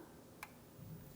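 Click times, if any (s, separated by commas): 0.4 s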